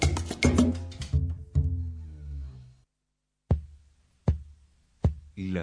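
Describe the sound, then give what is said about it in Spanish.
A musical swell fades into silence, then a heartbeat sound effect opening the radio program Latido Americano on FM Moreno enters: deep, heavy thumps repeating at a steady, slow pace, with a fourth beginning as it ends. “Latido americano.”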